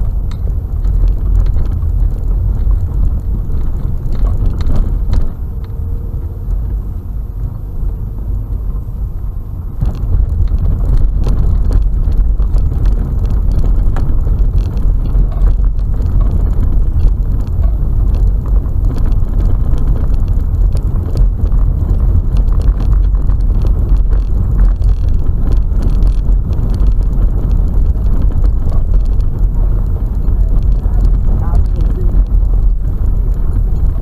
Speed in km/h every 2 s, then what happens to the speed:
21, 24, 28, 29, 31, 33, 34, 35, 36, 36, 38, 38, 38, 36, 33, 32, 29.
0-9 speeds up to 33. 9-25 steady at about 36. 25-34 slows to 29.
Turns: none.